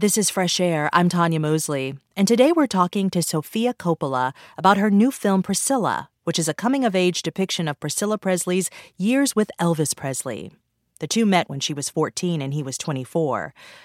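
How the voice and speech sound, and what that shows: A woman speaks fluently and clearly at an even broadcast pace with brief pauses, like a radio host introducing a programme: ordinary, normal speech.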